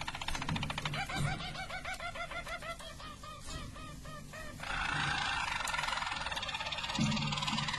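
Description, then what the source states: Harz Roller canary's rolling trill of repeated arched notes for several seconds, then masked by a broad steady rushing noise. Belgian Harz Roller canary.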